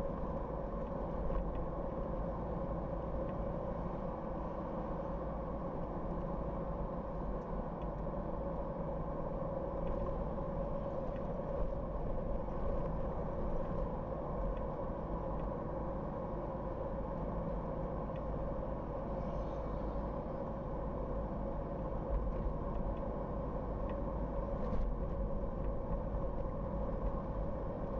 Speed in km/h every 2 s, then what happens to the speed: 68, 68, 69, 69, 68, 68, 67, 67, 67, 66, 66, 66, 66, 65.
0-28 steady at about 67.